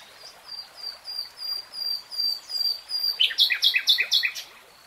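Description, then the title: Nightingale song built from a row of thin, high whistles swelling in loudness, then breaking into loud, rapid, chunky repeated notes. Nightingale singing, recorded in real time over three hours. "Tiếng chim hót Nightingale Singing"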